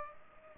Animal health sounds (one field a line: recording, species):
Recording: mosquito wingbeat signal from an infrared sensor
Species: Culex pipiens